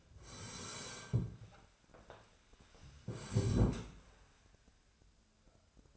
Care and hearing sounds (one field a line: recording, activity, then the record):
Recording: daily activity, microphone in the room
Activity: sit down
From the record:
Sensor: 2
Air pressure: 1015.1 hPa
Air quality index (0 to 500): 158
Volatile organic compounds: 8 ppm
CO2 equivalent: 2056 ppm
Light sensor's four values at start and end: 12/33/13/14 and 12/34/13/15